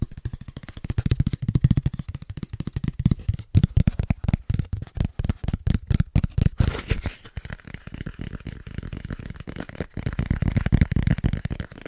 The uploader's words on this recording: ASMR Fast Tapping with New Tingly Triggers (No Talking).